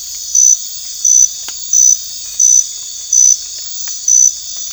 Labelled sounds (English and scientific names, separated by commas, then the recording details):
none
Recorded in dense forest near Puerto Asís, Putumayo, Colombia, on 8 March 2025 at 00:30
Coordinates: 0.484, -76.317
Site G064